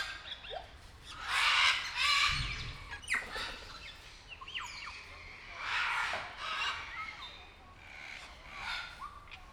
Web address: allathangok nyiregyhazizoo 2019 professzionalis jako papagaj hosszabban nyiregyhaza